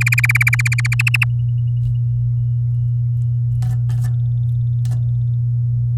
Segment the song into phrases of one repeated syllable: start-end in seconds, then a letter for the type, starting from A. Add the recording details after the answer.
0.01-0.94 A, 0.99-1.24 B. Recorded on 8 May 2018 at 05:53. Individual llb16